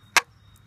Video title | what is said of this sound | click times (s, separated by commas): DIY How to change your oil 03-12 Saab 9-3 | push it down in there till it clicks. I think you heard that. | 0.2 s